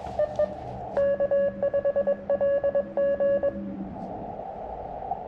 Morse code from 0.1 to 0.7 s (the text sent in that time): EE